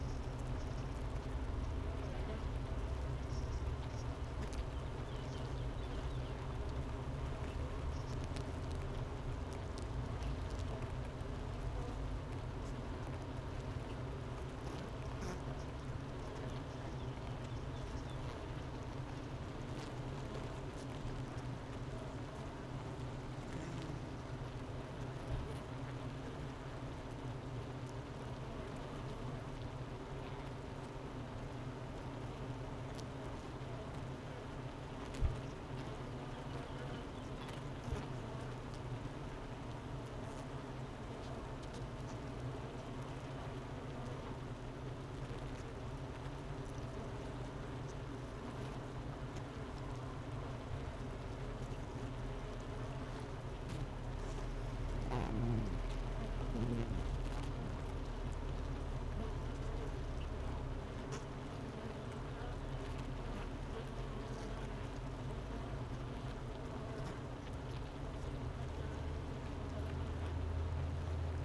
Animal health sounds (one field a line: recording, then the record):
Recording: honeybee colony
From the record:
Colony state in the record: missing queen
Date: 31 May 2018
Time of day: 11:20